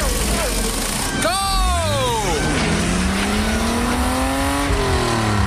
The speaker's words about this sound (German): Achtung, Wagen Nummer 12 biegt in die Boxengasse ein. Das Auto läuft klasse, das Fahrwerk ist fantastisch. Jetzt noch neue Räder drauf, los!